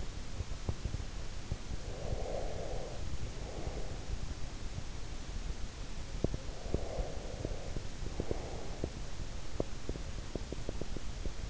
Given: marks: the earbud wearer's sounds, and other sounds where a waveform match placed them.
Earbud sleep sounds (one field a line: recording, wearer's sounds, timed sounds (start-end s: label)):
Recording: sounds in sleep by an in-ear microphone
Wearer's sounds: teeth grinding, breath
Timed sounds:
0.52-1.04 s: teeth grinding
1.40-4.42 s: breath
6.05-11.50 s: teeth grinding
6.27-8.94 s: breath